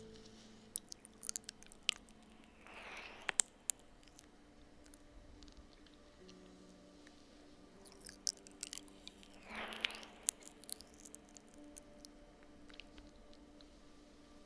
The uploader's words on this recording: ASMR Slow Ear LicksKisses.